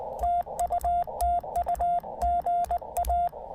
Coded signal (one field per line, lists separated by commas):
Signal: Morse code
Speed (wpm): 20 wpm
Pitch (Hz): 690 Hz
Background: none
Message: TU TU GA